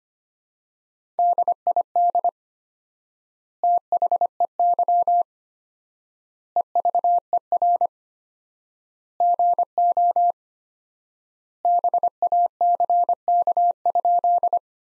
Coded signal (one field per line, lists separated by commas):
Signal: Morse code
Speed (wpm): 25 wpm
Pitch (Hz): 700 Hz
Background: none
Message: DID THEY EVER GO BACK?